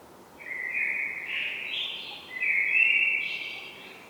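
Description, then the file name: Common blackbird singing one long, rich, warbled phrase that climbs and then drops, with a squeaky high flourish near its end. "Turdus merula"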